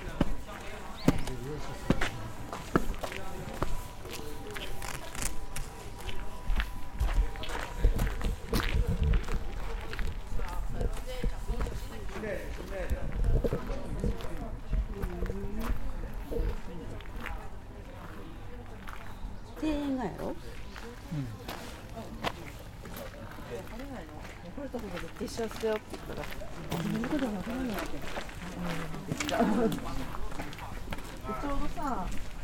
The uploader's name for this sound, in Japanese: 京都二条城の行走